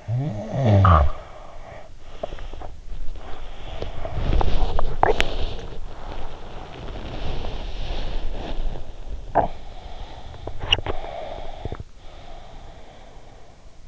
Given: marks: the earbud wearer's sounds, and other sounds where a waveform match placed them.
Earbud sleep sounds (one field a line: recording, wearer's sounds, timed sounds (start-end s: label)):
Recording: sounds in sleep by an in-ear microphone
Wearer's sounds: snoring breath, body movement, teeth grinding, swallowing, breath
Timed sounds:
0.00-1.88 s: snoring breath
0.93-13.88 s: body movement
1.88-2.85 s: teeth grinding
4.99-5.44 s: swallowing
9.18-9.67 s: sound from someone else or the room
9.87-13.88 s: breath
10.30-11.90 s: teeth grinding